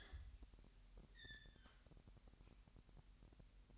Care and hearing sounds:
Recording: daily activity, microphone in the room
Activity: open fridge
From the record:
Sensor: 3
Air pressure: 1001.9 hPa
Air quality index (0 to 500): 238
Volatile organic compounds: 43 ppm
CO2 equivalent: 3194 ppm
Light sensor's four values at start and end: 12/37/16/13 and 12/37/16/13

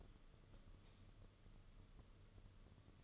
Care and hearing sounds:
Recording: daily activity, microphone in the room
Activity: light off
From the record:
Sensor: 4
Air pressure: 995.3 hPa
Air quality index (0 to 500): 211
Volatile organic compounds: 222 ppm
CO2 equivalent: 4281 ppm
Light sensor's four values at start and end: 9/21/8/10 and 9/21/8/10

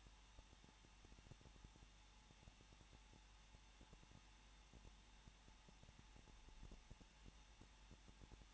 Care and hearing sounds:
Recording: daily activity, microphone in the room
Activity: no activity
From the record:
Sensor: 1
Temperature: 20.1 degrees Celsius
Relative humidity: 39.3%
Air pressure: 1006.4 hPa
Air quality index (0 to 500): 218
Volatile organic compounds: 79 ppm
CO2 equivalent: 3603 ppm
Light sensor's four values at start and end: 1/2/1/1 and 1/2/1/1

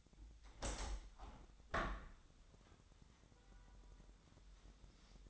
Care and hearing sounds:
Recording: daily activity, microphone in the room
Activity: open window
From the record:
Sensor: 3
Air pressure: 1006.4 hPa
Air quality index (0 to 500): 193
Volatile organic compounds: 14 ppm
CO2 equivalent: 2453 ppm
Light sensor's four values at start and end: 9/22/9/9 and 10/23/10/10

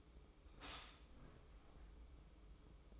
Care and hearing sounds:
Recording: daily activity, microphone in the room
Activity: stop toaster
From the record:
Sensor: 1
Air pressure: 995.3 hPa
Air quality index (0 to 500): 25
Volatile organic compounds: 1 ppm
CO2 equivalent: 506 ppm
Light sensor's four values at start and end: 18/58/21/23 and 18/58/21/23

